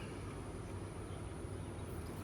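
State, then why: Not seated. A plastic turn-signal lamp for a Nissan Titan tow mirror is set onto the mirror housing, and its tabs are lined up before it is pushed home. Only a steady low rumble is heard throughout, with no talk and no sudden sounds. Nothing has seated or clicked yet.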